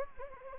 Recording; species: mosquito wingbeat signal from an infrared sensor; Anopheles gambiae